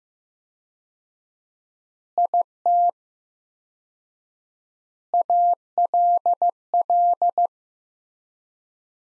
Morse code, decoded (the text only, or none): IT ALL